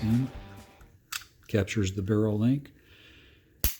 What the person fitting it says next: snaps in place